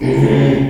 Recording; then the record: squeal of a Yucatan mini pig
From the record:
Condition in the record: after surgery on the right vocal fold (resection and tissue-engineered implant); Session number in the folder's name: 2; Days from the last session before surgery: 13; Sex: male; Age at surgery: 12 weeks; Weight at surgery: 13 kg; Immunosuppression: cyclosporine, prednisolone